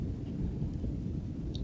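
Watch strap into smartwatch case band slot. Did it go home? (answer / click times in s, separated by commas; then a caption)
no / none. The second half of a watch strap is slid into the band slot on an Apple Watch SE smartwatch case, over a steady low rumbling background. A brief, sharp high-pitched tick is heard at 1.6 s. The strap has not clicked into place yet.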